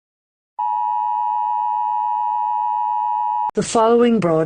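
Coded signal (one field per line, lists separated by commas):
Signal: Emergency Alert System (SAME) tones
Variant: 853 and 960 Hz attention tone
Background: speech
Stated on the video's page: Fictional videogame-based scenario alert, simulated.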